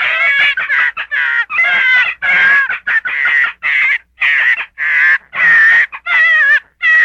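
Gray fox voicing a quick succession of wavering, harmonic yelps and whines, with short quiet gaps.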